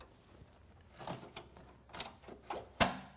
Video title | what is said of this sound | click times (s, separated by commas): Get Connected - How To - Installing a Hard Drive | You hear that click? It's in place. | 2.8 s